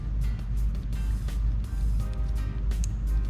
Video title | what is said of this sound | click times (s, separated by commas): RS Swap “Engine Refresh” Episode #2 | you just want to hear that little click so that one's good to go sweet | 2.8 s